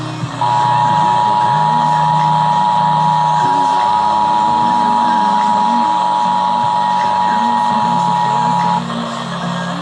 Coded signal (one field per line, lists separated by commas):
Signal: Emergency Alert System (SAME) tones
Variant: 853 and 960 Hz attention tone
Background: music